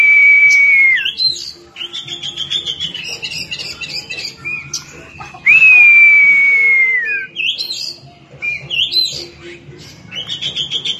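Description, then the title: Oriental magpie-robin song of long, drawn-out falling whistles between busy bursts of higher chirps and trills. "Kacer"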